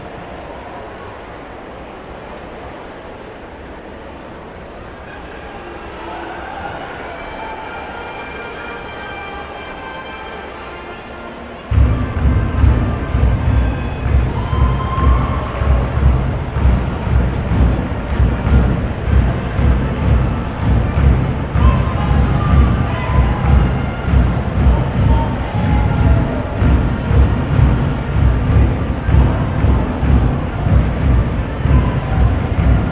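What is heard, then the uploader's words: Soccer stadium crowd murmurs with scattered voices, then at about twelve seconds a loud, dense rumbling roar takes over and stays steady. Binaural soccer game, Portland Thorns vs Houston Dash. The lull between plays and between chants and songs in the stadium. This was recorded with binaural mics from the top of the cheap seats, away from people talking.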